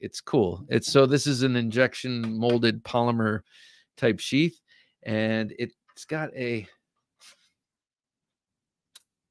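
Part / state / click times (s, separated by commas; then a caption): knife into polymer sheath retention lock / seated / 9.0 s. Someone talks while handling a knife and its injection-molded polymer sheath. At 9.0 s the knife is pushed into the sheath and the retention lock engages with a short, sharp click, and the knife is seated.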